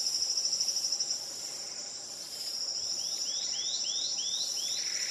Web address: Rose breasted chat. صدای-پرنده-چک-سینه-گلی